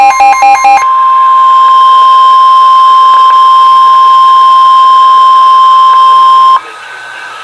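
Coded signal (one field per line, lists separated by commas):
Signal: Emergency Alert System (SAME) tones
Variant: 1050 Hz attention tone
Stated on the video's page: Weather radio and EMA scanner alerts for severe thunderstorm watches, warnings and a flash flood watch; weather radio siren precedes them.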